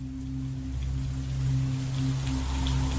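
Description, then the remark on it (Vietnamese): Steady cold rain falls in a graveyard during a thunderstorm, hissing evenly for about three seconds, layered over a constant low humming drone, with a few faint higher patters. No one speaks. “Nước mưa lạnh làm cho thằng Tý bừng tỉnh trước.”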